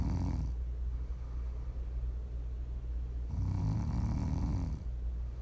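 Snoring from an adult sleeper, with a deep low-pitched rumble and one louder, harsher breath around the middle, offered as ASMR for listening to sleep, relax or wind down.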